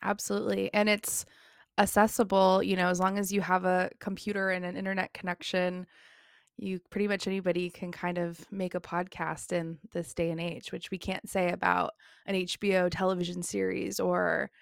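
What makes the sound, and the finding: Woman speaking. Typical speech.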